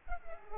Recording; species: mosquito wingbeat signal from an infrared sensor; Culex pipiens